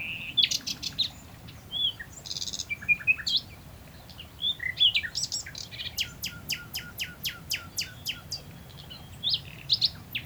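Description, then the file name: Common nightingale song: jumbled chirps and whistles, then a sharp note repeated rapidly many times, ending in more varied phrases; low background rumble. "Luscinia megarhynchos"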